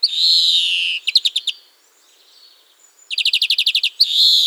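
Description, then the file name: European greenfinch: a long, falling, nasal wheeze, then two quick chirping trills separated by a pause, and a final wheezy note. "carduelis chloris"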